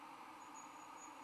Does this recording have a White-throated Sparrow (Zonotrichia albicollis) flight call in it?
no